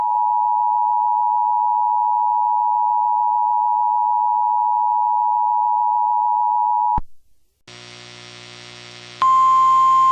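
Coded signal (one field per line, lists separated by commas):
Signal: Emergency Alert System (SAME) tones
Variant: 853 and 960 Hz attention tone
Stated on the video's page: A recreation of a rare Civil Danger Warning for a Minnesota telephone outage; the original alert was recorded without the EAS portion.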